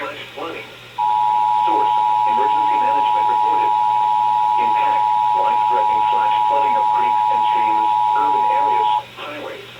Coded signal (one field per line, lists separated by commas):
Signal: Emergency Alert System (SAME) tones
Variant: 853 and 960 Hz attention tone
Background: speech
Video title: HAPPY 20TH BIRTHDAY... EAS Alerts from 10/7/21 (EAS #6,351 - 6,368)